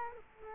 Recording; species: mosquito wingbeat signal from an infrared sensor; Culex quinquefasciatus